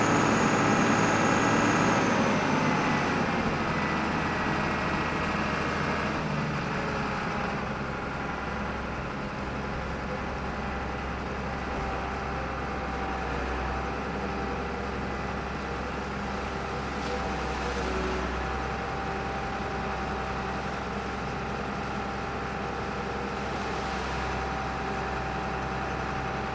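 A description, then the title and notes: A sea tractor rumbles steadily on its short crossing, its engine a dense, low drone that barely changes for the whole ride. A high whine fades out in the first few seconds, and faint hissing washes rise around 17 and 24 seconds. The short crossing to Burgh Island on the world famous sea tractor.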